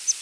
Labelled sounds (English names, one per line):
Palm Warbler flight call